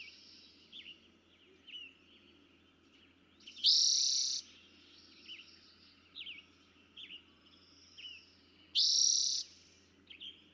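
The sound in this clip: Eastern towhee song, a loud buzzy trill repeated about five seconds apart, with scattered quiet chip-like notes between phrases.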